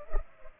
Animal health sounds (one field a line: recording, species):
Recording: mosquito wingbeat signal from an infrared sensor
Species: Culex pipiens